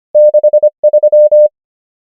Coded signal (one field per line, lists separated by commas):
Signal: Morse code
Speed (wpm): 25 wpm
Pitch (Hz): 600 Hz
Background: none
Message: 6 3